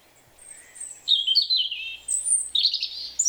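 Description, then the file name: European robin song with high thin whistles and two tumbling warbled phrases separated by a brief pause, faint hiss behind. "Erithacus rubecula"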